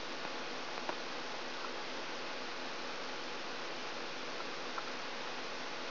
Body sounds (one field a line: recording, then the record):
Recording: brain microelectrode recording played as sound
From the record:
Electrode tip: outside the subthalamic nucleus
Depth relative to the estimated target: 2 mm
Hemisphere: left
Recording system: AlphaMap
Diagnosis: Parkinson's disease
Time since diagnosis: 10 years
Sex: male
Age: 47 years